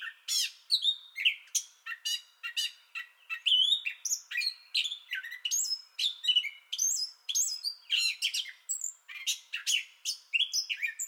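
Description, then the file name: Gray catbird song: a rapid jumble of varied squeaky, scratchy and whistled phrases, high-pitched throughout. Song bout already in progress, recorded 30 May 2021. "2021-05-30 Gray Catbird Song Bout Already Going"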